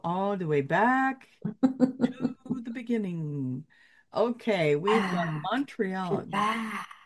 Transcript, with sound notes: I go all the way back-
(laughs)
... to the beginning. Okay. We've got Montreal.